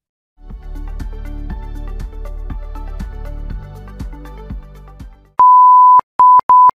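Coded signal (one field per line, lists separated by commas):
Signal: beep code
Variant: AMI or Award BIOS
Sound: music, then a steady 1 kHz beep: one long beep, two short beeps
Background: music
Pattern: 1 long, 2 short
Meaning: One long, two short beeps indicate a video or graphics card error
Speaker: One long, two short beeps, meaning video or graphics error. Often related to display card failure. This is more common in AMI and award BIOS.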